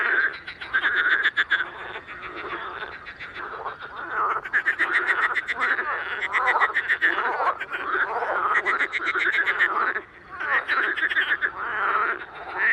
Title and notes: Soirée aux Grenouilles rieuses. 11 mai 2019-Étang de Beaumont - pluie - 14°. le chant des grenouilles rieuses